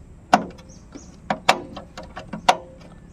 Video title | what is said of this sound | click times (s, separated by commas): भुईमूग पेरणी, सिडरणे केली पेरणी | लॉक झाला आवाज येईल | 0.3 s, 1.3 s, 1.5 s, 2.5 s